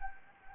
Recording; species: mosquito wingbeat signal from an infrared sensor; Anopheles gambiae